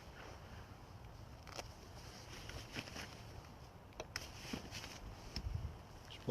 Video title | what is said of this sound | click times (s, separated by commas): Frodsham invest 002 9th Dec 18 | Just putting the brolly up. It started raining. Hear the clicking. | 4.2 s